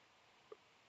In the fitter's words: But you saw that snapped into place.